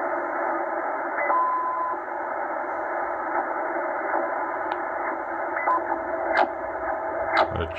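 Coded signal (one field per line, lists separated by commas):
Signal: radar signal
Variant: CODAR ocean radar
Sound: faint swishing sweeps repeating about twice a second under steady radio hiss, occasional crackles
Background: radio static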